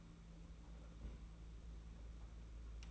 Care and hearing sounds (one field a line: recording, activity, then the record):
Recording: daily activity, microphone in the room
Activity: place on stove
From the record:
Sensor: 1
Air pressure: 991.9 hPa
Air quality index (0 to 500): 216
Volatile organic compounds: 1000 ppm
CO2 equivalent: 8408 ppm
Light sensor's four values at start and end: 22/77/30/30 and 22/77/30/30